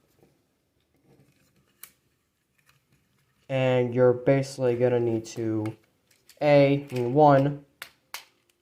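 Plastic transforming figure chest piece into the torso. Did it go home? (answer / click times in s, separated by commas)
yes / 7.8 s, 8.1 s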